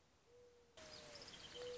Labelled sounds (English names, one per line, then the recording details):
Mourning Dove
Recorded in Sonoma County, California